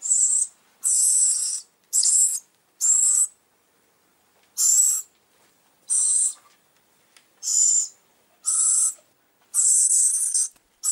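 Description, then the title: Bird giving harsh, hissing screeches, each about half a second long, repeated with short, uneven gaps. "LuckyKumpulan SuaraBurung"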